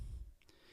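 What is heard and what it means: The connector of the short top piece of a bright blue leather loop band is slid into the slot of an Apple Watch case, where it locks with its small lever. A low rumble fades out, then two short, sharp clicks sound at 0.4 s and 0.5 s. The band piece seats firmly in place.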